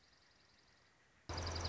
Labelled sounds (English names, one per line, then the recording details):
Dark-eyed Junco
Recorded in Sonoma County, California